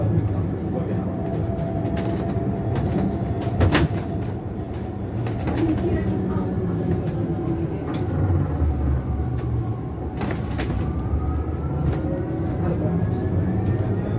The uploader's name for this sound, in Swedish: Åka Buss